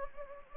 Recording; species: mosquito wingbeat signal from an infrared sensor; Anopheles gambiae